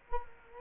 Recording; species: mosquito wingbeat signal from an infrared sensor; Culex quinquefasciatus